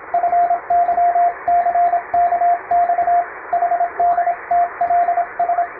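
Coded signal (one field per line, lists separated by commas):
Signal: Morse code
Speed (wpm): 30 wpm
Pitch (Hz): 700 Hz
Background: radio noise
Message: FYCKX HDTLS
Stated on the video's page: Morse practice for amateur radio CW training, using English-language telegram practice texts; speed is adjustable through playback.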